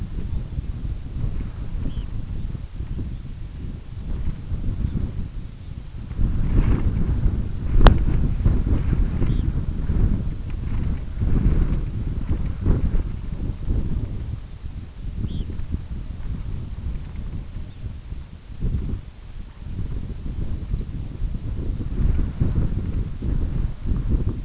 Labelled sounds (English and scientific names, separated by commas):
Red Phalarope (Phalaropus fulicarius), unidentified sound